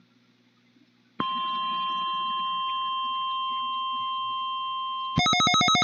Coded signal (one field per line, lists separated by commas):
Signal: Emergency Alert System (SAME) tones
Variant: 1050 Hz attention tone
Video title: NWS Los Angeles/Oxnard Weekly EAS Test (5/4/22) (EAS #176)